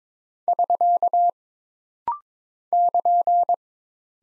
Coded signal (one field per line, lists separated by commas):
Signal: Morse code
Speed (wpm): 22 wpm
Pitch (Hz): 700 Hz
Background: none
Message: <SK> <KN>